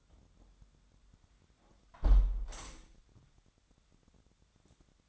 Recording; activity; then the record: daily activity, microphone in the room; close window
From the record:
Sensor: 3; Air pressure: 1006.3 hPa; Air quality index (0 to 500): 184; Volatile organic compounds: 12 ppm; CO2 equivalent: 2334 ppm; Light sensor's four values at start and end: 10/24/10/10 and 9/22/9/9